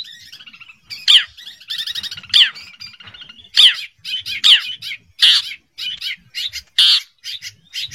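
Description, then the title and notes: Long-tailed shrike singing a varied medley of grating rasps, sharp downslurred notes and buzzy trills, delivered in uneven bursts. "Kicau Burung Cendet"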